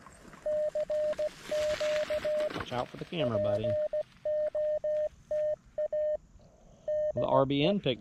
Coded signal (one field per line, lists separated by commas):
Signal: Morse code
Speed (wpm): 16 wpm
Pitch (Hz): 610 Hz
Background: speech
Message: CQ POTA DE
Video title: A hike and QRP POTA activation of the Doerun Pitcherplant Bog WMA K-7882